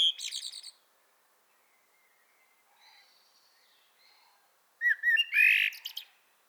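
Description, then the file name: Common blackbird song: the squeaky tail of one phrase, a quiet pause with faint twitters, then a fresh fluting whistled phrase finishing in high chatter. "Turdus merula"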